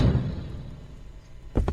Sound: door closes; footsteps

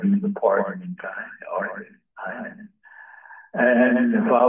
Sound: murmuring

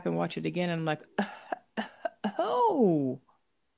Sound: coughs

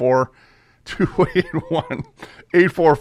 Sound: laughs

